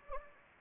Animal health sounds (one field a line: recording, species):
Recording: mosquito wingbeat signal from an infrared sensor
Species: Anopheles gambiae